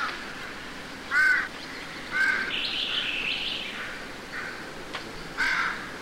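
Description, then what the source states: Crow giving three hoarse caws spaced over six seconds, with a buzzy, higher-pitched sound in the middle. Recorded in woods at The Ridges Sanctuary, with leaves.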